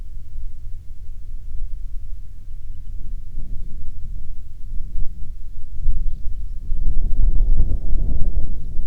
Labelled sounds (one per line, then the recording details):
bird
wind
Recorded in the Prudhoe Bay oil fields, Alaska, on 27 June 2019 at 00:58
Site 22